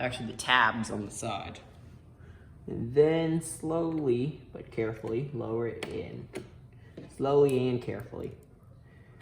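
Someone talks while a RAM stick is lowered slowly and carefully into the first DIMM slot on a motherboard, with the side retention tabs pushed back. Only voice and faint handling noise are heard. The stick has not seated or clicked yet.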